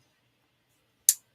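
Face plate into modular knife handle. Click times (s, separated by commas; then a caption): 1.1 s. A face plate is fitted onto a modular knife handle and slid forward until it clicks into place at 1.0 s, seating it on the frame. The click is a single sharp, bright snap after a near-silent stretch with faint low hum, and it fades quickly within about a tenth of a second.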